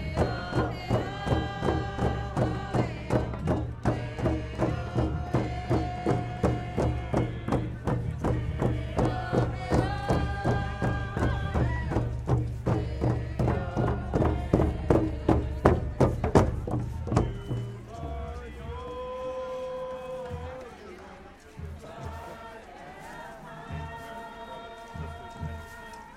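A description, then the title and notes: A steady pounding drum drives loud group singing at an outdoor performance, then after about seventeen seconds the drum stops and quieter voices continue. Indigenous Peoples Performance. Central District, Seattle, WA. I believe it was a collective of Indigenous Peoples performing this music. DPA 4060 Microphones (stereo pair, binaural) -> Sound Devices MixPre 3.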